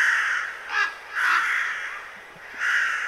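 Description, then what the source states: Raven calls, three hoarse, drawn-out croaks with a brief rougher note between the first two. Played call; sounds more intense than a crow's, and more diabolic.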